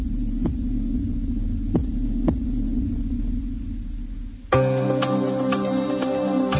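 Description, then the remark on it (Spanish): A La Radio del Sur station jingle: a few deep heartbeat thumps pulse over a steady low droning hum, then the sound cuts abruptly to brighter, tonal music-like chords for the final seconds. “La información, la Radio del Sur, suena los latidos de la patria grande.”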